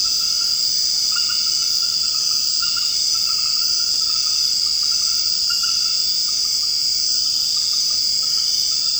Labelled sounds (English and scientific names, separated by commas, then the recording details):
none
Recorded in secondary vegetation near Puerto Asís, Putumayo, Colombia, on 21 March 2025 at 20:30
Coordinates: 0.502, -76.326
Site G100